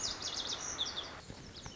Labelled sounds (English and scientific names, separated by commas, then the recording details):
Lazuli Bunting (Passerina amoena)
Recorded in Sonoma County, California